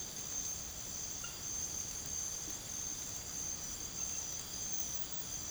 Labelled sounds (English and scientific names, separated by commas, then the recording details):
none
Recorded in pastures near Puerto Asís, Putumayo, Colombia, on 8 March 2025 at 02:00
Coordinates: 0.486, -76.323
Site G075